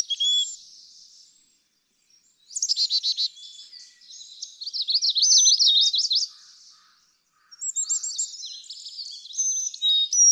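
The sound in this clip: Carolina chickadee song, clear whistled high and low notes with rapid buzzy trilled phrases between them and short silent breaks.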